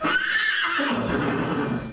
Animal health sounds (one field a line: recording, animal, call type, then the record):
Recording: contact call of a hoofed animal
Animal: horse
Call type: whinny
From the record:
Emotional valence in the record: negative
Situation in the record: separation from one group member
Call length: 1.93 s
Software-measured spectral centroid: 1860 Hz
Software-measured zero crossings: 2400 a second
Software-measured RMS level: -24 dBFS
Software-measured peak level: -10 dBFS